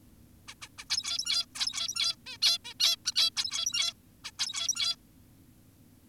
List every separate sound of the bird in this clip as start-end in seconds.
0.48-0.54, 0.62-0.68, 0.78-0.85, 0.90-1.46, 1.55-2.16, 2.26-2.38, 2.42-2.58, 2.65-2.74, 2.80-2.96, 3.06-3.12, 3.16-3.30, 3.37-3.94, 4.24-4.31, 4.39-4.96